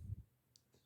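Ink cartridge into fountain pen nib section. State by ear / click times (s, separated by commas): seated / 0.6 s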